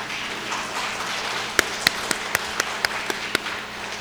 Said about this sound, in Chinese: 我们今天在这个地方是要尊敬我们当中所有的母亲，我们好不好请我们的母亲站起来，我们鼓掌表示我们对你们的谢意，好不好？